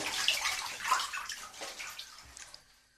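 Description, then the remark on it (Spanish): Water pours steadily from a tap into buckets and water tanks in San Pedro Nexapa, Amecameca, a bright splashing rush with small gurgles that gradually thins out and fades near the end. “Entonces pasamos muchas horas llenando botes y tinacos para tener agua para satisfacer nuestras necesidades.”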